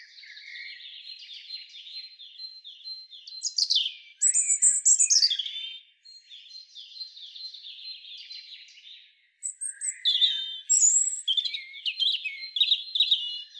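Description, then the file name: European robin song: soft repeated high notes rising into loud, scratchy, sparkling phrases, with a short pause before another vigorous outburst. "Erithacus rubecula"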